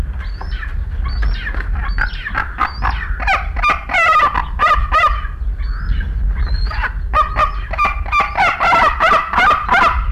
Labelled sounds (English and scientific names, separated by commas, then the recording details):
Wedge-tailed Eagle (Aquila audax) contact call
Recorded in captivity
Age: adult
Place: Tierpark Berlin, Berlin, DE
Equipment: Halbspur, 9,5 cm/s
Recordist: Lütgens, Hans